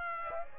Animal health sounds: mosquito wingbeat signal from an infrared sensor; Aedes aegypti

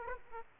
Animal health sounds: mosquito wingbeat signal from an infrared sensor; Aedes aegypti

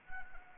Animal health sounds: mosquito wingbeat signal from an infrared sensor; Anopheles arabiensis

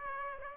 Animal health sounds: mosquito wingbeat signal from an infrared sensor; Aedes aegypti

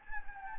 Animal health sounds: mosquito wingbeat signal from an infrared sensor; Anopheles gambiae

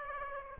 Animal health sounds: mosquito wingbeat signal from an infrared sensor; Aedes aegypti

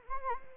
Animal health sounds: mosquito wingbeat signal from an infrared sensor; Anopheles gambiae

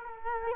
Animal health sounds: mosquito wingbeat signal from an infrared sensor; Culex quinquefasciatus

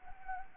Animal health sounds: mosquito wingbeat signal from an infrared sensor; Anopheles arabiensis

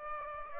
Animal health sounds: mosquito wingbeat signal from an infrared sensor; Aedes aegypti

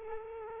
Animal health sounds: mosquito wingbeat signal from an infrared sensor; Culex quinquefasciatus

